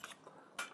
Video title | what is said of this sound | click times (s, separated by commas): SparkToys ALPHA PACK (MP War Within Optimus Prime): EmGo's Transformers Reviews N' Stuff | That'll snap into place. | 0.6 s